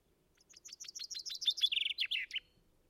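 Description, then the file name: Common chaffinch singing a single phrase, a quick series of sharp descending notes that runs into a lower rattle and a final twisting flourish. "Fringilla coelebs"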